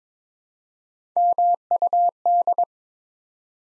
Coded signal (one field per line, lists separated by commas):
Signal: Morse code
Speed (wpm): 22 wpm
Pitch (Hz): 700 Hz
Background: none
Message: MUD